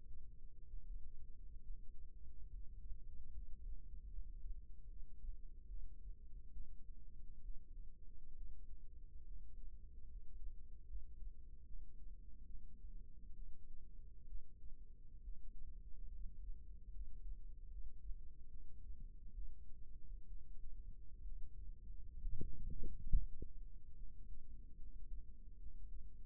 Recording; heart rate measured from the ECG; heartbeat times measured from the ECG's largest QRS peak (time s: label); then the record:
heart sounds by microphone in the right ear; 70 bpm
0.68 s: heartbeat
1.61 s: heartbeat
2.50 s: heartbeat
3.32 s: heartbeat
4.09 s: heartbeat
4.87 s: heartbeat
5.66 s: heartbeat
6.52 s: heartbeat
7.41 s: heartbeat
8.34 s: heartbeat
9.23 s: heartbeat
10.06 s: heartbeat
10.86 s: heartbeat
11.64 s: heartbeat
12.45 s: heartbeat
13.34 s: heartbeat
14.26 s: heartbeat
15.21 s: heartbeat
16.09 s: heartbeat
16.91 s: heartbeat
17.69 s: heartbeat
18.47 s: heartbeat
19.33 s: heartbeat
20.26 s: heartbeat
21.23 s: heartbeat
22.18 s: heartbeat
23.08 s: heartbeat
23.94 s: heartbeat
24.77 s: heartbeat
25.57 s: heartbeat
From the record:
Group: healthy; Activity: cold pressor test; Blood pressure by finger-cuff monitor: 136/63 mmHg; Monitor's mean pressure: 85 mmHg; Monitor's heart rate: 68 bpm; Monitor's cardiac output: 7 L/min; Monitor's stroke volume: 106 mL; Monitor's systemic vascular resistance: 890 dyn s/cm5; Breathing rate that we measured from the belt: 9 breaths a minute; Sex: female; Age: 37 years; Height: 168 cm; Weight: 70 kg